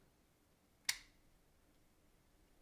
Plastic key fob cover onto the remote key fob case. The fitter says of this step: sits down on here and then you'll see it slide up and click into place